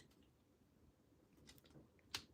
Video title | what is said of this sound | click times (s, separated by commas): Transformers Legacy Tarn is a WORTHY of the character // Paik4Life Reviews | You should hear click into place. | 2.2 s